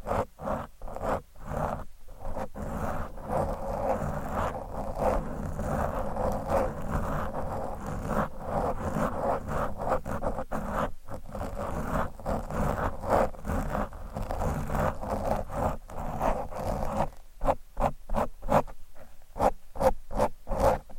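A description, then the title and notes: Dense scratching on a microphone, with quick rasping strokes that run almost continuously and sound like a zipper being pulled. A low rumble sits underneath throughout. After about seventeen seconds the strokes turn shorter and more separated, with brief gaps between bursts. Mic Scratching.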